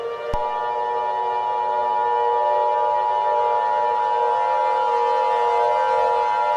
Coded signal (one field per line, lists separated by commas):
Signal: Emergency Alert System (SAME) tones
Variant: 853 and 960 Hz attention tone